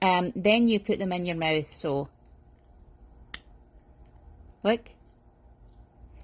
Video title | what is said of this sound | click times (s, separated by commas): Path to an Amazing Smile! 🎉 | snapped right in right | 3.3 s